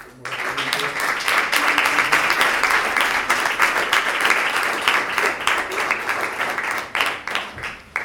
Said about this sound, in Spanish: Bueno, pues, jo demano un aplaudiment.